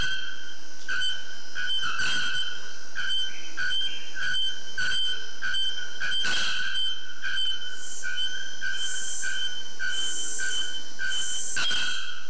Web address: cantos pajacampana